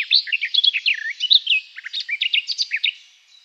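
Garden warbler singing one continuous, hurried warble of varied chattering and fluty notes that fades at the end.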